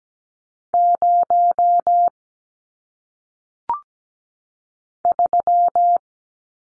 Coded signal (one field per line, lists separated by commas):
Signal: Morse code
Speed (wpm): 17 wpm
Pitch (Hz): 700 Hz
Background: none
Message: 0 3